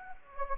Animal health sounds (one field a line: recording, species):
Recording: mosquito wingbeat signal from an infrared sensor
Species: Anopheles gambiae